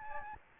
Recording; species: mosquito wingbeat signal from an infrared sensor; Aedes albopictus